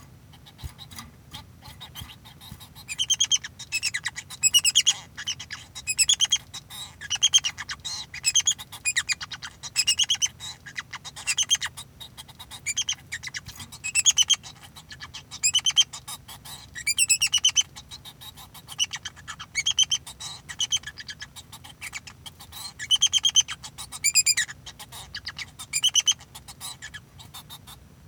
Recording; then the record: song of a male Bengalese finch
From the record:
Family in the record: son of father 2